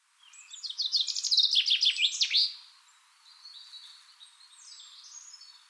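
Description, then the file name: Common chaffinch song: a descending series of sharp notes ending in a short flourish, followed by softer thin whistles. "Fringilla coelebs"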